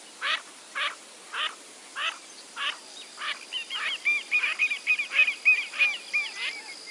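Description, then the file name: Yellow-billed pintail calls: several spaced harsh notes, then a rapid chorus of overlapping whistles and nasal rasps from more than one bird. "Canto da Marreca parda"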